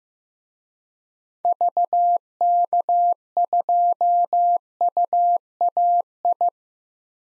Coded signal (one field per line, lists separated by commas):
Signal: Morse code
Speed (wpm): 15 wpm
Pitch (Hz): 700 Hz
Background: none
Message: VK2UAI